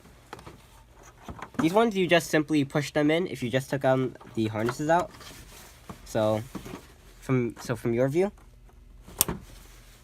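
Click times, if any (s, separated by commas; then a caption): 9.2 s. Someone talks while pushing a wiring harness connector into its socket on the back of a front headlight assembly being reinstalled on a 2004-09 second-generation Toyota Prius. A single sharp, loud plastic click rings out at 9.2 s, confirming the connector is fully seated.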